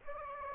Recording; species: mosquito wingbeat signal from an infrared sensor; Aedes aegypti